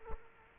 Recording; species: mosquito wingbeat signal from an infrared sensor; Culex quinquefasciatus